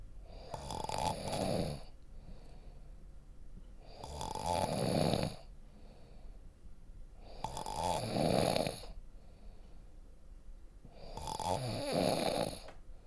Someone Snoring.